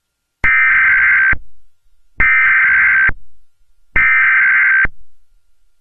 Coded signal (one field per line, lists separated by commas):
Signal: Emergency Alert System (SAME) tones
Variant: header bursts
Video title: Texas Tornado Warning EAS Moc